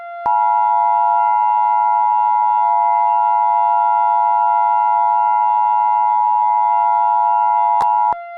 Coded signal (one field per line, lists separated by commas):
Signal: Emergency Alert System (SAME) tones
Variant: 853 and 960 Hz attention tone